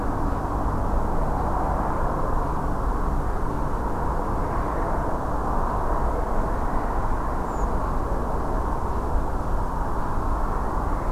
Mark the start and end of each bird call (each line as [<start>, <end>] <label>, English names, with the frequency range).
[7.46, 7.65] Redwing (6.0-7.7 kHz)